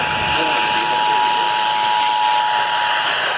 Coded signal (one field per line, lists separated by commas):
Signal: Emergency Alert System (SAME) tones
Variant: 853 and 960 Hz attention tone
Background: speech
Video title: Swimming Tornadoes|EAS Alerts and Connecticut Monthly Test from 7/16/24